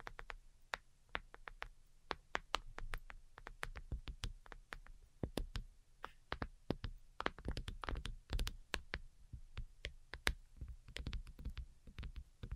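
Delicate tapping: light, sharp clicks fall in quick, uneven runs throughout, sometimes sparse, sometimes clustered in rapid bursts, busiest around the middle. Each tap is crisp and brief. A soft low hum stays steady underneath.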